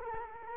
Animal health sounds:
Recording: mosquito wingbeat signal from an infrared sensor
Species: Culex quinquefasciatus

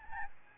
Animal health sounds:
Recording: mosquito wingbeat signal from an infrared sensor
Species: Aedes albopictus

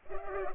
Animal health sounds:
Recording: mosquito wingbeat signal from an infrared sensor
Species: Culex pipiens

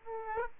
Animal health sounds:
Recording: mosquito wingbeat signal from an infrared sensor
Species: Aedes aegypti

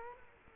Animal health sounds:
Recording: mosquito wingbeat signal from an infrared sensor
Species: Culex quinquefasciatus

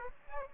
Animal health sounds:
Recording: mosquito wingbeat signal from an infrared sensor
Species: Aedes aegypti

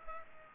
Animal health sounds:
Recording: mosquito wingbeat signal from an infrared sensor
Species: Culex pipiens

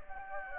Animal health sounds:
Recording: mosquito wingbeat signal from an infrared sensor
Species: Anopheles gambiae

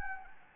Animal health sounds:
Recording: mosquito wingbeat signal from an infrared sensor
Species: Anopheles gambiae

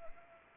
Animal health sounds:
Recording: mosquito wingbeat signal from an infrared sensor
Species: Anopheles arabiensis

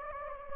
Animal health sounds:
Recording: mosquito wingbeat signal from an infrared sensor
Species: Anopheles gambiae

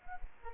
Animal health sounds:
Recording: mosquito wingbeat signal from an infrared sensor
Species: Culex quinquefasciatus

